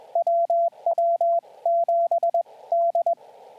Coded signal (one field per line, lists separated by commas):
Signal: Morse code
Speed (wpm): 22 wpm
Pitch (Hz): 680 Hz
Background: radio noise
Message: WW7D